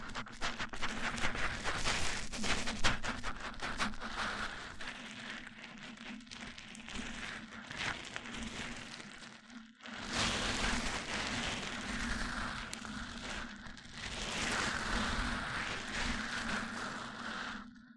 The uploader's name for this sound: MIC ON MIC Triggers Richer Sounds